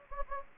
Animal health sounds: mosquito wingbeat signal from an infrared sensor; Anopheles gambiae

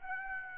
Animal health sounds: mosquito wingbeat signal from an infrared sensor; Aedes aegypti

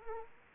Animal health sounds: mosquito wingbeat signal from an infrared sensor; Anopheles arabiensis

